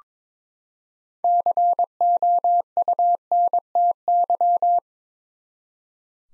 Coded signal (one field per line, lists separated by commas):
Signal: Morse code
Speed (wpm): 22 wpm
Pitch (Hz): 700 Hz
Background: none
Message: COUNTY